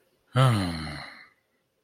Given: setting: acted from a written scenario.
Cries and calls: vocal sound without words; relief

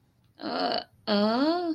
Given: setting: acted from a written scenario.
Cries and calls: vocal sound without words; confusion

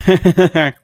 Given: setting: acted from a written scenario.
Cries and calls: vocal sound without words; amusement

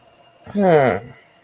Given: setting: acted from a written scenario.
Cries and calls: vocal sound without words; confusion

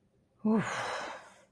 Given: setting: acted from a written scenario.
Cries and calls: vocal sound without words; relief

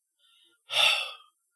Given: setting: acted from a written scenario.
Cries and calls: vocal sound without words; romantic love

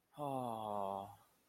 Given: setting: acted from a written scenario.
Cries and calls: vocal sound without words; romantic love

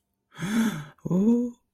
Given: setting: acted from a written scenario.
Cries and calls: vocal sound without words; adoration

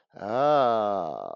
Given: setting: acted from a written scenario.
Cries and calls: vocal sound without words; realization

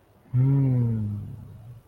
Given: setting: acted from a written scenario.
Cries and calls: vocal sound without words; romantic love

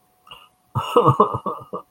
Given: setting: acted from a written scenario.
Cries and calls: vocal sound without words; sadness

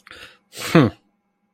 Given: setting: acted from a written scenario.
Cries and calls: vocal sound without words; contempt

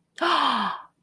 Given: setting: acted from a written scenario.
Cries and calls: vocal sound without words; positive surprise

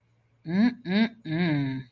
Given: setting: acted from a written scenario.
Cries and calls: vocal sound without words; desire

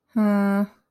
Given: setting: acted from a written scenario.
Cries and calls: vocal sound without words; neutral

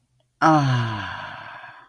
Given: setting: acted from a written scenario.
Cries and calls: vocal sound without words; contentment

